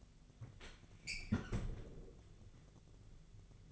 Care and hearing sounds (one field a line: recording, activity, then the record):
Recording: daily activity, microphone in the room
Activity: close fridge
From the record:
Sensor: 4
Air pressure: 1000.8 hPa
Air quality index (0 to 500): 134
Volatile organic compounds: 2 ppm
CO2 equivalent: 1001 ppm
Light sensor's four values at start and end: 25/61/25/27 and 27/65/27/29